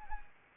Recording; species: mosquito wingbeat signal from an infrared sensor; Anopheles arabiensis